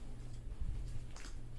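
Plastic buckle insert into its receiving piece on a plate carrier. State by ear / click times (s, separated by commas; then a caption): seated / 1.2 s. While assembling an AR500 Testudo plate carrier, the lower plastic buckle piece is pushed into its top receiving piece over a low steady rumble. A small click at 1.2 s shows it has latched and is secured.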